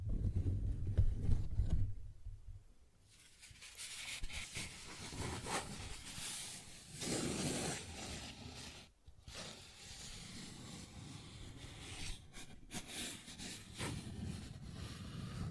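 Paper bag being handled, with uneven crinkling, scratching and soft tapping spread through the clip. A heavy low thump sounds in the first two seconds, then brief near-silences come around two, nine and twelve seconds before the rustling picks up again.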